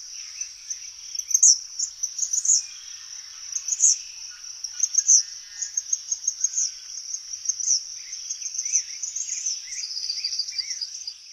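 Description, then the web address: Eastern kingbird calls, high sputtering chattery notes given in irregular bursts throughout, over a steady shrill insect trill. "Songs of Birds of North America Stokes. Eastern Kingbird"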